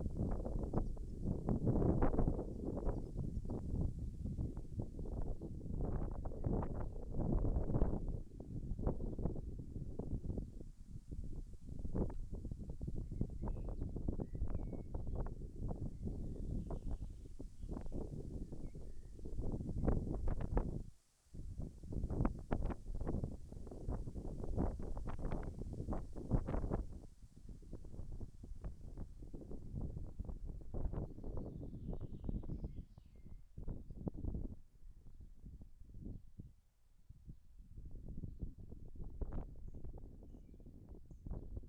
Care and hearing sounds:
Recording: everyday scene through a hearing-aid microphone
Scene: wind on the microphone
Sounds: wind, birds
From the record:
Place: in front of a rural house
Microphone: behind the ear, left, front

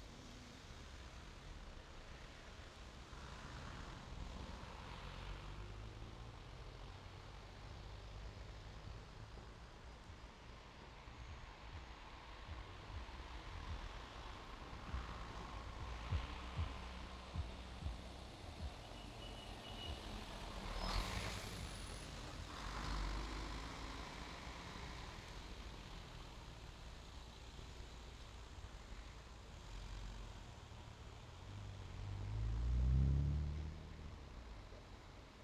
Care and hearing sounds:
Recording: everyday scene through a hearing-aid microphone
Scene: in traffic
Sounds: traffic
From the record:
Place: main road on the outskirts, rush hour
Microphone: in the ear canal, left

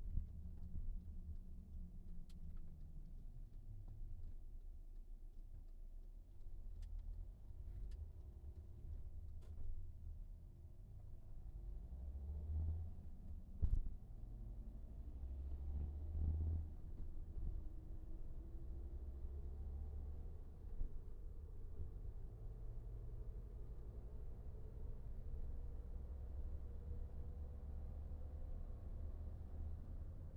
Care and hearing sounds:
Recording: everyday scene through a hearing-aid microphone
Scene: in a vehicle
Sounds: engine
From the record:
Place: VW T5 Caravelle, diesel engine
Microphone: behind the ear, right, rear

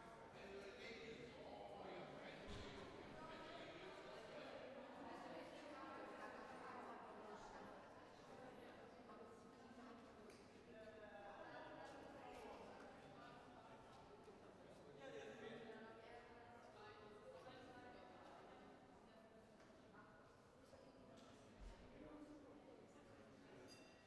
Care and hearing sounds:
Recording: everyday scene through a hearing-aid microphone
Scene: reverberant space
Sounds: background noise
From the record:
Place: railway station hall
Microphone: behind the ear, right, front

